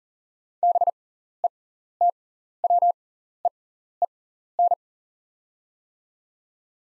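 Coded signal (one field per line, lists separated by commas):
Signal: Morse code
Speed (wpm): 40 wpm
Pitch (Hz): 700 Hz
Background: none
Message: BETWEEN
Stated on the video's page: Practice drill at 40wpm of top 300 words with 6x character spacing, Farnsworth timing.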